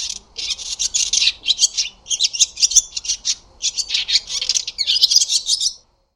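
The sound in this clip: Barn swallow chatter: dense, scratchy twittering in quick bursts with short gaps, stopping abruptly just before the end.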